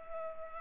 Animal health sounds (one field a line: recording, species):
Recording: mosquito wingbeat signal from an infrared sensor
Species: Culex pipiens